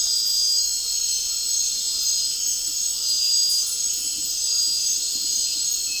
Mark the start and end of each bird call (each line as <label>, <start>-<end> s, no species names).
bird call, 3.92-4.22 s